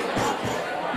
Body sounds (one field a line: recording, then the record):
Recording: coughing mixed with background sound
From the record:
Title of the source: Spring Cold Coughing 3